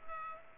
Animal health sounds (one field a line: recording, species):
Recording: mosquito wingbeat signal from an infrared sensor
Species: Culex pipiens